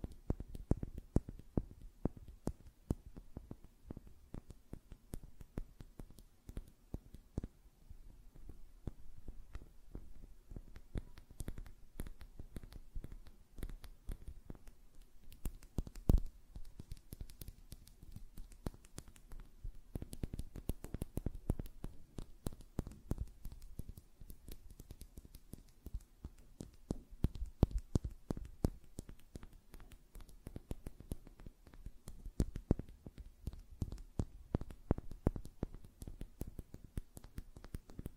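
Fingernails tap and flutter in quick, uneven bursts that run through the whole 38 seconds. The clicks are dense and irregular, mostly soft and low with crisp bright edges, briefly louder around 16 and 28 seconds, with no other sounds behind them.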